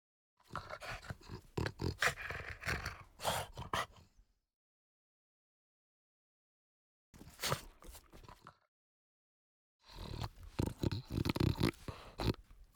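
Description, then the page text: French Bulldog giving rough, snorting grunts in three bursts separated by pauses, the first burst longest. "French Bulldog Grunt. Quick Sounds"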